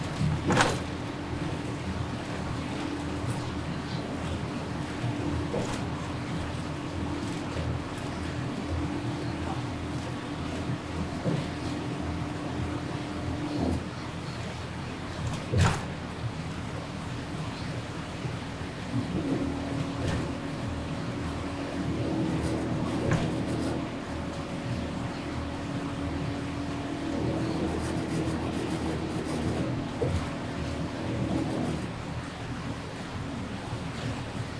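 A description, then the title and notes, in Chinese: A city bus rides out of town on a rainy day, its engine a steady low drone that rises to a sustained whine from about 19 to 31 seconds. Sharp knocks and clunks land near the start and around 15 seconds over a constant rushing hiss. 雨天的出城公交。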